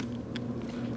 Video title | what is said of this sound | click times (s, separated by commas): How to Replace Fuel Pressure Regulator 2011-2016 Kia Optima | We're going to line it up, push it in until it clicks. | 0.4 s